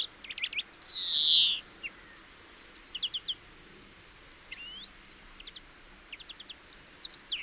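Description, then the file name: European greenfinch with a loud buzzy wheeze early on, followed by scattered trills and short twittering chirps with pauses between. "Chloris chloris"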